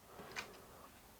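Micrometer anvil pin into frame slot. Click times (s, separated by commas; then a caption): 0.4 s. While a 0-4 inch micrometer is being set up, the anvil's small pin is fitted into a slot in the metal frame and locks in place. A single small, sharp tick sounds at 0.4 s over a quiet background, and the pin is seated.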